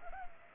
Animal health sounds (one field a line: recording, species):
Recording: mosquito wingbeat signal from an infrared sensor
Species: Culex pipiens